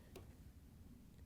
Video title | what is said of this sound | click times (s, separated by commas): Amana Range Oven Temperature Sensor Kit 12001656 Replacement — fits Whirlpool/KitchenAid/Maytag | goes on there one way and locks into place once you have it locked together so you have a good connection | 0.2 s